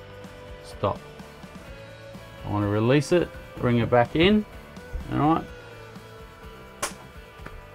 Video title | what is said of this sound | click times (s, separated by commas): Handover: MDC XT16HR ISLAND Offroad Caravan | hear that click well you know it's locked back into | 6.8 s